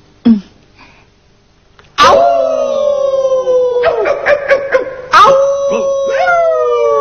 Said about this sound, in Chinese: 听到呢啲咁样嘅吠声，我就知佢而家冇作怪，我可以放心啦。